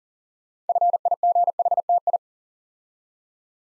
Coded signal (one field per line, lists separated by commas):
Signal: Morse code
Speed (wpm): 40 wpm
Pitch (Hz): 700 Hz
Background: none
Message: FIGHTI